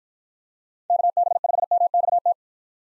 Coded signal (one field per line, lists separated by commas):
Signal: Morse code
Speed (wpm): 53 wpm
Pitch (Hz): 700 Hz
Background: none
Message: KB5MXT